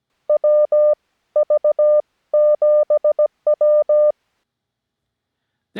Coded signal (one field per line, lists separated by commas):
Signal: Morse code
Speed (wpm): 17 wpm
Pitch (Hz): 600 Hz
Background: none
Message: WV7W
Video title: CW Zero 2 On Air - Get On Air